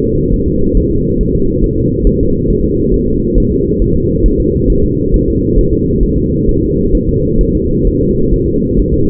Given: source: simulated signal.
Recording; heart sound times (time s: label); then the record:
fetal heart sounds
0.04 s: S2
0.34 s: S1
0.48 s: S2
0.77 s: S1
0.92 s: S2
1.21 s: S1
1.35 s: S2
1.64 s: S1
1.78 s: S2
2.07 s: S1
2.21 s: S2
2.50 s: S1
2.65 s: S2
2.94 s: S1
3.08 s: S2
3.38 s: S1
3.52 s: S2
3.82 s: S1
3.96 s: S2
4.26 s: S1
4.40 s: S2
4.70 s: S1
4.84 s: S2
5.14 s: S1
5.28 s: S2
5.59 s: S1
5.73 s: S2
6.03 s: S1
6.18 s: S2
6.49 s: S1
6.63 s: S2
6.95 s: S1
7.09 s: S2
7.41 s: S1
7.55 s: S2
7.87 s: S1
8.01 s: S2
8.34 s: S1
8.48 s: S2
8.79 s: S1
8.94 s: S2
From the record:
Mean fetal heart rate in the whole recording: 135 bpm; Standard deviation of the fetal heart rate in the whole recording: 3 bpm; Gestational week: 36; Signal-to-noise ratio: -15.3 dB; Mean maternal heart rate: 72 bpm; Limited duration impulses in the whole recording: present